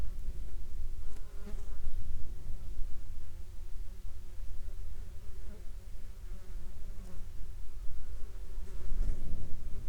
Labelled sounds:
insects
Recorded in the Prudhoe Bay oil fields, Alaska, on 15 July 2021 at 14:27
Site 14

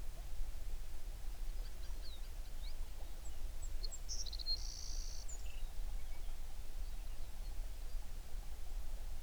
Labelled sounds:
songbird
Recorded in the Prudhoe Bay oil fields, Alaska, on 11 June 2019 at 04:42
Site 21

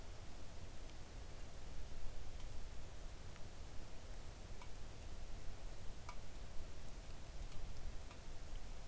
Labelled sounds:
rain
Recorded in the Arctic National Wildlife Refuge, Alaska, on 3 August 2019 at 05:46
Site 41

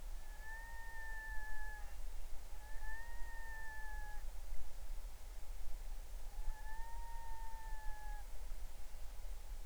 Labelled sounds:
loon
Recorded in the Arctic National Wildlife Refuge, Alaska, on 20 July 2019 at 03:03
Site 38

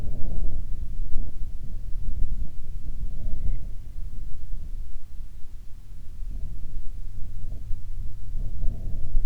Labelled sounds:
aircraft
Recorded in the Prudhoe Bay oil fields, Alaska, on 12 August 2019 at 07:39
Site 11

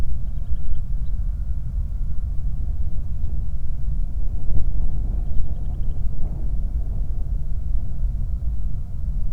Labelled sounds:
bird, flare stack, wind, vehicle
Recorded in the Prudhoe Bay oil fields, Alaska, on 8 July 2019 at 00:01
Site 25

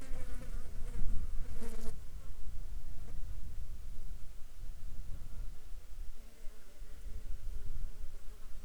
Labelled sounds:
wind, insects
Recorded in the Arctic National Wildlife Refuge, Alaska, on 8 July 2019 at 13:22
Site 37

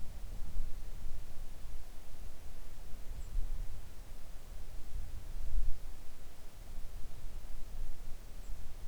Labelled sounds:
songbird, wind
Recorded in the Arctic National Wildlife Refuge, Alaska, on 3 August 2019 at 05:04
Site 41

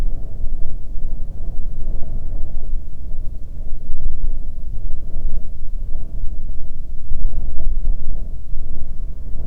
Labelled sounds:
wind
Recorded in the Prudhoe Bay oil fields, Alaska, on 15 May 2019 at 00:31
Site 24

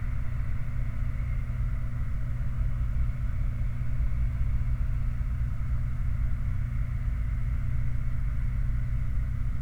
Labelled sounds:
machinery, flare stack
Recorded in the Prudhoe Bay oil fields, Alaska, on 28 July 2019 at 23:48
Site 29

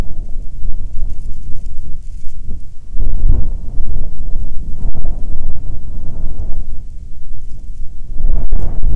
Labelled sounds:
wind
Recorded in the Arctic National Wildlife Refuge, Alaska, on 9 July 2019 at 21:40
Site 48

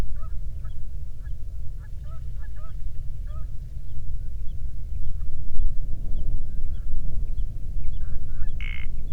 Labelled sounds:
songbird, waterfowl, grouse or ptarmigan, wind, man-made sound
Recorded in the Prudhoe Bay oil fields, Alaska, on 13 June 2019 at 00:11
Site 24

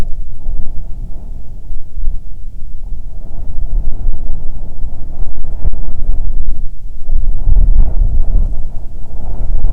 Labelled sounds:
wind
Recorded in the Prudhoe Bay oil fields, Alaska, on 7 August 2019 at 14:21
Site 17

